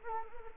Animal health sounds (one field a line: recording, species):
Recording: mosquito wingbeat signal from an infrared sensor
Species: Anopheles arabiensis